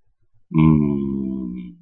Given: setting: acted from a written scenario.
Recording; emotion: vocal sound without words; romantic love